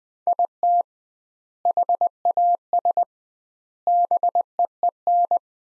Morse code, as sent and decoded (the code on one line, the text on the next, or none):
.. - / .... .- ... / -... . . -.
IT HAS BEEN